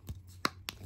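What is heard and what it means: A stainless steel snap-on case back is pressed onto the case of a Casio MTP-1314 (Module 2784) wristwatch after a battery change. A soft low thump comes at 0.1 s, then two sharp, bright clicks at 0.5 s and 0.7 s. The case back has clicked in only in one spot, not all the way around, so it is only partly seated.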